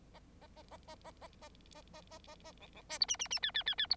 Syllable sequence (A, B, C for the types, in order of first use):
A A A A A A A A A A A A A B B C D E E E F F F F D